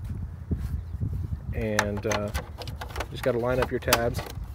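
A plastic tow mirror cap is lined up by its tabs and handled against a truck's tow mirror housing while someone talks, with a faint tap near 0.5 s. The clip ends before the cap goes home, so nothing has seated or clicked yet.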